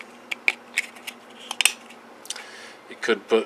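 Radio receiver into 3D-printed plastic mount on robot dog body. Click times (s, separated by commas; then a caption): 0.5 s. An RC radio receiver module is pressed by hand into a 3D-printed plastic mount on the body of a Nova SpotMicro 3 quadruped robot dog, and it snaps in and seats with the sharpest click at 0.5 s. Several other short plastic clicks and taps come around 0.3, 0.8 and 1.5–1.7 s. Someone talks briefly near the end.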